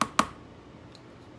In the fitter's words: right like that it's not fully seated flush but whenever i chamber this into my gun it will seat that